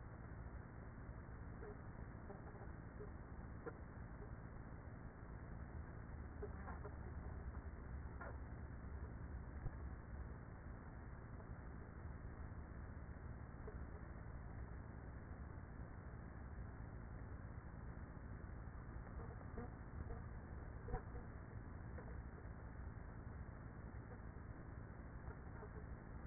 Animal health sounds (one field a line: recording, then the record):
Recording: honeybee colony, microphone inside the hive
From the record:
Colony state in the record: queenless with a low population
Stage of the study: after two queens were removed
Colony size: about 30,000 bees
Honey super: no